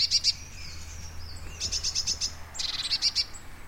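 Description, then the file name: Blue tit giving three quick bursts of high, clipped notes in rapid series, each run lasting under a second, with a low steady hum underneath. Recorded at Everdon Stubbs in March 2019. "Blue tit Everdon Stubbs 0319"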